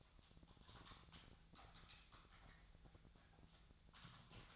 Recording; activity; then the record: daily activity, microphone in the room; typing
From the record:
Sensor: 3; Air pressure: 999.2 hPa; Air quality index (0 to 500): 206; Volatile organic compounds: 55 ppm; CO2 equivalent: 3362 ppm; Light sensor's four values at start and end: 8/20/7/8 and 8/20/7/8